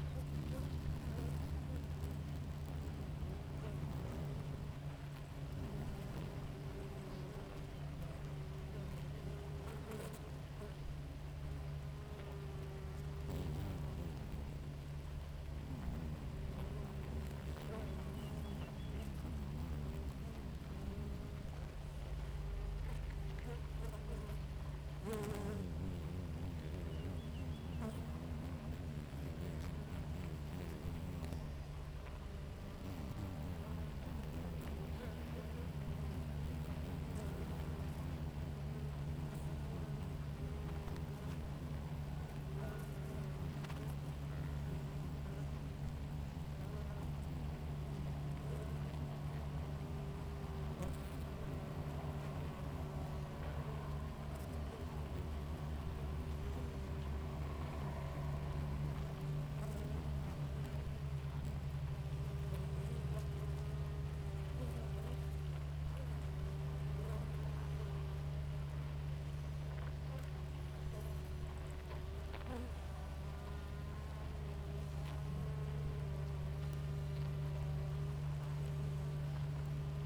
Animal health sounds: honeybee colony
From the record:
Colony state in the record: active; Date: 28 July 2017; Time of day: 6:00

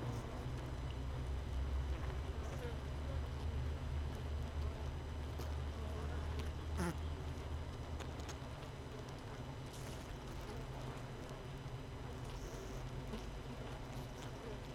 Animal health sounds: honeybee colony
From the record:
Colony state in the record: missing queen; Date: 31 May 2018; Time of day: 7:09

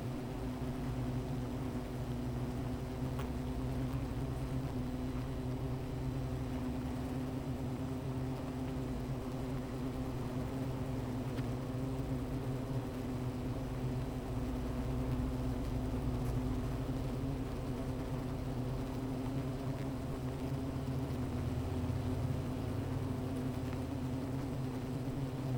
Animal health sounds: honeybee colony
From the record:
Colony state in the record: missing queen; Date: 14 July 2017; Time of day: 15:22

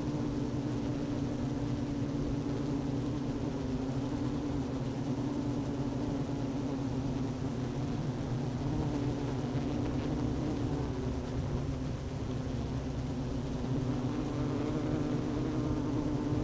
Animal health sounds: honeybee colony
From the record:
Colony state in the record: active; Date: 12 June 2018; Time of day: 11:37

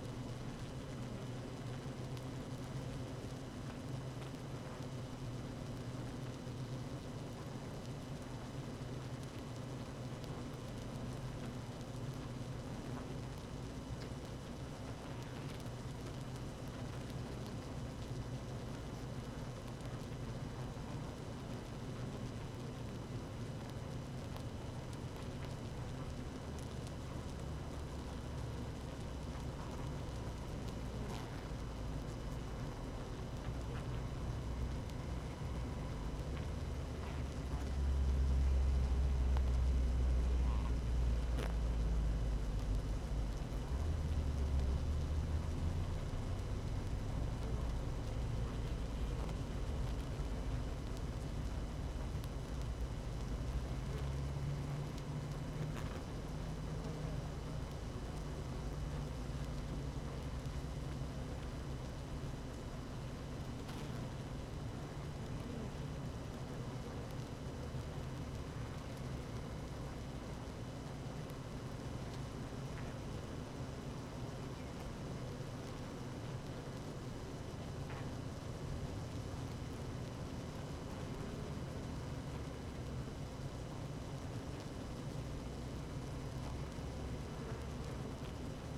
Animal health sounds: honeybee colony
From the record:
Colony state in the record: active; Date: 12 June 2018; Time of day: 17:32

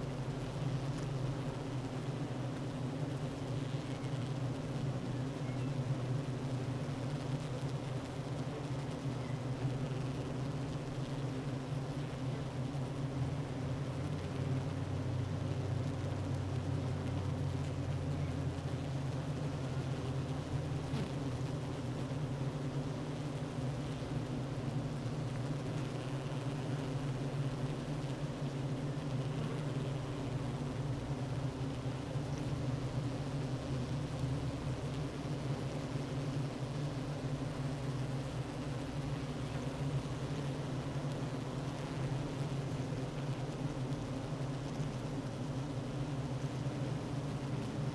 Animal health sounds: honeybee colony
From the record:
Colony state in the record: active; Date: 12 June 2018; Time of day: 9:38

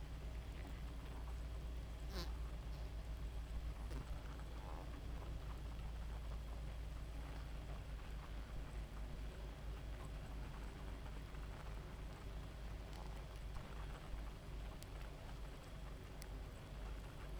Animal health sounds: honeybee colony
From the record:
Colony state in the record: active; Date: 28 July 2017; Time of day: 0:00

